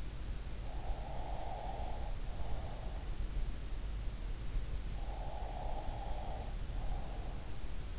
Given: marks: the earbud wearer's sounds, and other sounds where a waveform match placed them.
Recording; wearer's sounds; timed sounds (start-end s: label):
sounds in sleep by an in-ear microphone; breath
0.63-3.67 s: breath
4.87-7.99 s: breath